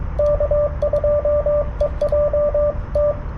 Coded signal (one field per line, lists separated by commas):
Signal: Morse code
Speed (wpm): 23 wpm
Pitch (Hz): 590 Hz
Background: radio noise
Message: K2EJT